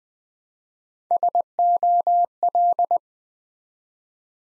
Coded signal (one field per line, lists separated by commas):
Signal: Morse code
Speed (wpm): 20 wpm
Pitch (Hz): 700 Hz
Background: none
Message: SOL